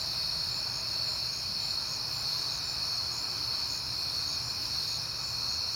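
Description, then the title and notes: Crickets give a constant shrill chorus, with a quiet low rumble in the background. Crickets on a peaceful night in September. "Night Time: Crickets and Passing Cars. It is September and I have been hearing the crickets a lot"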